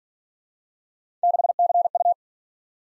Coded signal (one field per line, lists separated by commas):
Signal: Morse code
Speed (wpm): 50 wpm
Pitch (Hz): 700 Hz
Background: none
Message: 6CU